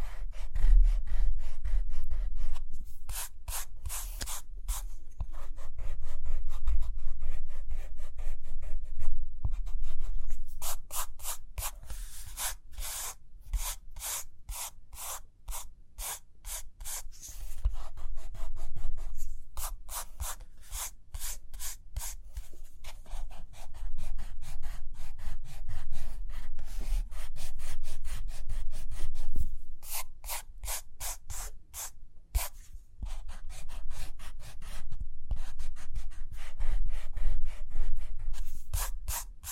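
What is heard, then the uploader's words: Pencil or pen writing and drawing on paper, with quick repeated scratchy strokes in bursts of several seconds separated by short pauses. The strokes are bright and rhythmic, over a low steady rumble, with occasional soft taps between passages. Page Turning and Tapping, Writing, Drawing.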